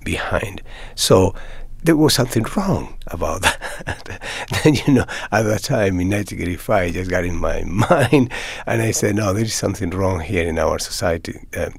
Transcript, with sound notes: So there was something wrong about that. (Laughter) And, you know, at the time in 1985, it just got in my mind. And I said, no, there is something wrong here in our society.